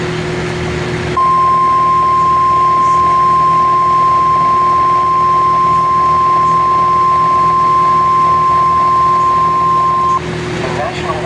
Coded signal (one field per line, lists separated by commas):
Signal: Emergency Alert System (SAME) tones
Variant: 1050 Hz attention tone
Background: speech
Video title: A CURSED EVENT.... | EAS Alerts from 7/16/24 | EAS#908-1,011